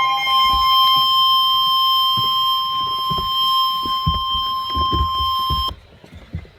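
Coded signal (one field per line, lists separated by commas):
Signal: Emergency Alert System (SAME) tones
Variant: 1050 Hz attention tone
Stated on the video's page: Flash flood warning alert tones.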